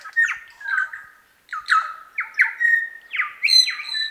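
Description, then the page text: New Zealand bellbird with several ringing, slightly slurred notes with raspy edges, in short bursts broken by a brief pause. "Chris Benesh - Медосос-колокольчик, или Макомако (Anthornis melanura)"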